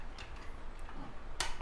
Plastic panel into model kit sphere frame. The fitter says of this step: and just snap into place